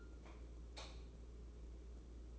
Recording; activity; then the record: daily activity, microphone in the room; light off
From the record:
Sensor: 1